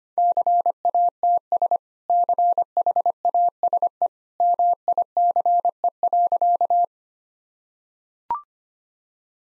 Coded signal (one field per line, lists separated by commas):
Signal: Morse code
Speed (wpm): 25 wpm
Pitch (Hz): 700 Hz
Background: none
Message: CATS CHASE MICE.